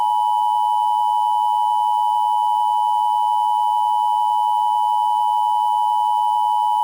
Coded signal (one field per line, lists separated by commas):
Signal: Emergency Alert System (SAME) tones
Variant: 853 and 960 Hz attention tone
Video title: (EAS Mock) Jacksonville's Dark Nightmare